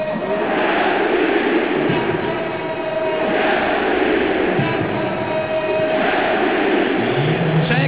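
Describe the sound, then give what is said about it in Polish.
A huge crowd of about 15,000 fans at the Lech Poznań vs Wisła Kraków Ekstraklasa match in Poznań, 5 October 2019, roars and chants Darko Jeftnicz's name after his goal, a dense, loud wall of voices that swells and holds steady without letting up. “no ale teraz trafia do siatki i Darko Jeftnicz wyprowadza kolejorza na prowadzenie i wreszcie może usłyszeć, jak 15 tysięcy kibiców będzie krzyczało jego nazwisko.”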